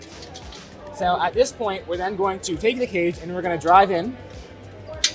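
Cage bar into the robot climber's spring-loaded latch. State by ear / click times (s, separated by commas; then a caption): seated / 5.0 s. Someone talks as the robot is driven into the cage bar. At 5.0 s the climber's spring-loaded latch snaps shut around the bar with a sharp, loud click. The cage bar is locked in, and a torsion spring stops the cage from moving.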